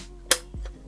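The first plastic push pin of a stock CPU cooler is pressed down into a motherboard mounting hole and gives one loud, sharp click at 0.3 s. A fainter, duller knock follows around 0.6 s over low background hum. The pin is seated.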